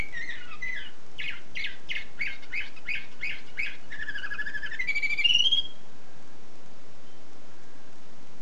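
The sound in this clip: Canary song of rapidly repeated chirps, then a long rising whistled glide, ending abruptly and followed by silence.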